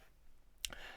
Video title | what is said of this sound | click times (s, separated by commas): Boderry The Elite BDA006 4K Watch Review | nice trigger action to the two button push deployments good positive click opens very easily | 0.7 s